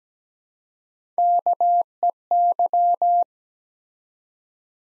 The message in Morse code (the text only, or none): KEY